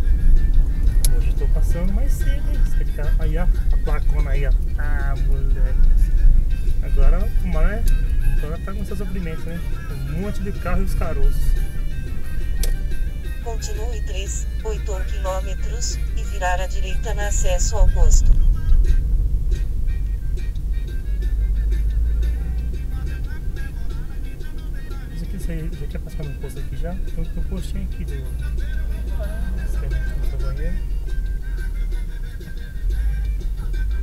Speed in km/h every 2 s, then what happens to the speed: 24, 22, 24, 25, 26, 24, 22, 20, 20, 19, 22, 25, 25, 22, 19, 16, 14.
0-8 steady at about 24. 8-19 slows to 19. 19-24 speeds up to 25. 24-31 slows to 14.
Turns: none.